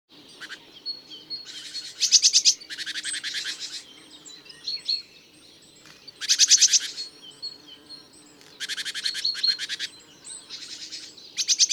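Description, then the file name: Great tit scolding calls: loud dry buzzy churrs in repeated bursts, separated by brief pauses, with faint twittering notes between them. "Parus major"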